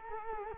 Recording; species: mosquito wingbeat signal from an infrared sensor; Culex quinquefasciatus